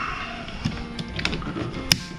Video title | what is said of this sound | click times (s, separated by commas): Vibe Yellowfin 120 Rudder install ( on a used Kayak) How to.. | You hear it snap. | 1.9 s